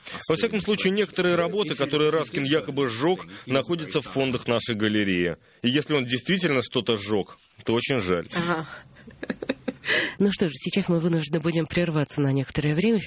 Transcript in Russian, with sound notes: Во всяком случае, некоторые работы, которые Раскин якобы сжёг, находятся в фондах нашей галереи. И, если он действительно что-то сжёг, то очень жаль. (смеётся)
Ну что же, сейчас мы вынуждены будем прерваться на некоторое время: